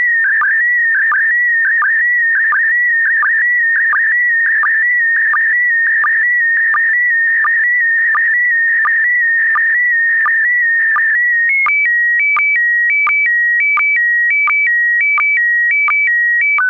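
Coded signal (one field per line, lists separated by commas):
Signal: SSTV (slow-scan television)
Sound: warbling tone with steady rhythmic clicks, then alternating high and low steady tones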